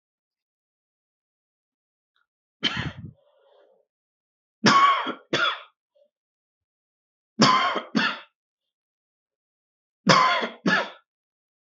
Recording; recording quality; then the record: heavy voluntary cough; excellent, no background noise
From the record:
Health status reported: healthy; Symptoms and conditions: hypertension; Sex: male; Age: 50 years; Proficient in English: yes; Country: India